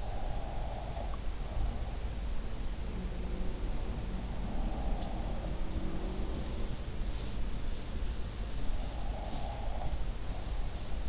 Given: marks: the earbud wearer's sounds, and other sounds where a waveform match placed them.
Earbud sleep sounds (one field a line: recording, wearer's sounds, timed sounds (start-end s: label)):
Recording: sounds in sleep by an in-ear microphone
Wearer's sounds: breath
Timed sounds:
0.00-1.96 s: breath
2.82-11.09 s: sound from someone else or the room
4.26-6.92 s: breath
8.64-11.09 s: breath